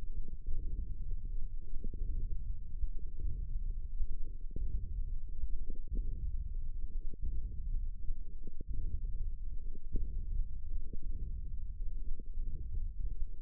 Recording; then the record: forearm muscle sounds (acoustic myography)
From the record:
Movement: wrist extension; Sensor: system 1, eight BSWA MPA416 microphones around the upper forearm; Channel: 6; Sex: female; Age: 22 years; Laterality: right